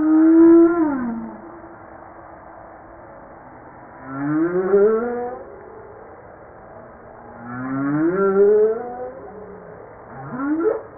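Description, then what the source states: Humpback whale song: long tonal moans, one falling and others sweeping upward, rich in overtones, repeating roughly every three to four seconds. Recorded 5 March 1994.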